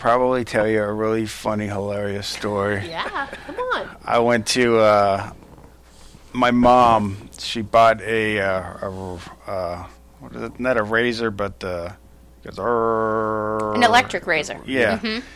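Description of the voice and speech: Halting adult male speech with long filled pauses and word-finding searches: aphasia in a stroke survivor after a brain injury that left him missing half his skull.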